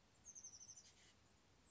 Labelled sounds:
Oak Titmouse
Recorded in Sonoma County, California

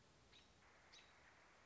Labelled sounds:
American Robin
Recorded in Sonoma County, California

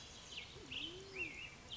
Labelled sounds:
Band-tailed Pigeon
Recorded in Sonoma County, California

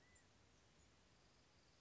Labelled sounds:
California Quail
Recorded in Sonoma County, California

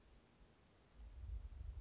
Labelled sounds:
Western Flycatcher
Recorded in Sonoma County, California

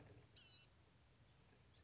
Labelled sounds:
Blue-gray Gnatcatcher
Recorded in Sonoma County, California

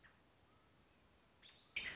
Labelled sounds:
American Robin
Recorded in Sonoma County, California

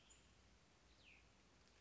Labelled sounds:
Cassin's Vireo
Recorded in Sonoma County, California

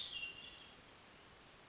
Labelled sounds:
Hermit Thrush
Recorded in Sonoma County, California

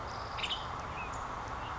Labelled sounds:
Western Tanager
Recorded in Sonoma County, California

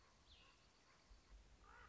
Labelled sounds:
Common Raven
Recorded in Sonoma County, California

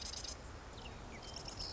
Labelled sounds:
Marsh Wren
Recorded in Sonoma County, California

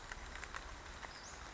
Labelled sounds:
Western Flycatcher
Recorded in Sonoma County, California

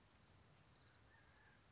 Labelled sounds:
California Towhee
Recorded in Sonoma County, California

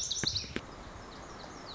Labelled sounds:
Lazuli Bunting
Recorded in Sonoma County, California

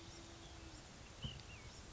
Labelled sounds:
Ash-throated Flycatcher
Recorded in Sonoma County, California

